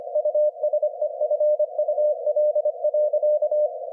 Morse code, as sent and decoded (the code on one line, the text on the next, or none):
..- ... . ..-. ..- .-.. .-.-.-
USEFUL.